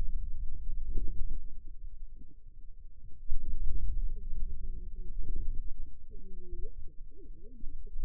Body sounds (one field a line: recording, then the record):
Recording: forearm muscle sounds (acoustic myography)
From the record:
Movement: inward rotation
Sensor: system 2, bracelet of six BSWA MPA416 microphones around the upper forearm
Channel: 2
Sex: female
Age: 21 years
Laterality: right